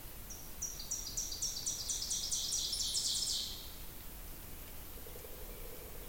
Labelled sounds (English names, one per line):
Ovenbird song